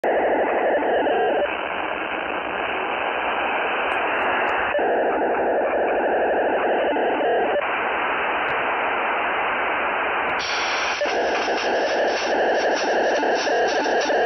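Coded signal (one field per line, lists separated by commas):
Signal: POCSAG pager data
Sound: continuous harsh raspy data buzz in several segments, brightening sharply near the end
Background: radio static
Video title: 27.550 MHz FM Paging Signals Data Links Pager Transmissions POCSAG RX: G8JNJ SDR 14 June 2024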